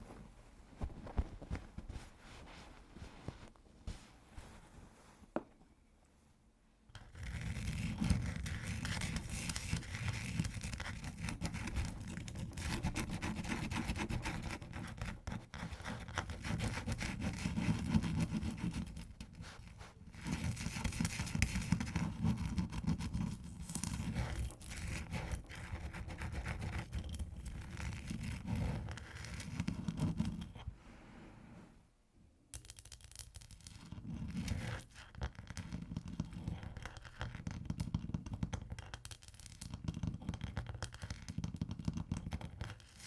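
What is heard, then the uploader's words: Ice being tapped and scratched, with dense, gritty scraping that runs almost continuously from about seven seconds on, heavy in low rumble with a crackly top. Short quiet gaps fall near the start and around thirty-two seconds, after which the scraping returns in choppier, pulsing strokes. ASMR Ice Tapping & Scratching (No Talking).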